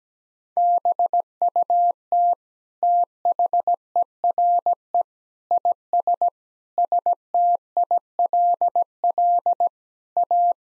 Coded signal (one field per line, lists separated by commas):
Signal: Morse code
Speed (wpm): 17 wpm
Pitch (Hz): 700 Hz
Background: none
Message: BUT THERE IS STILL A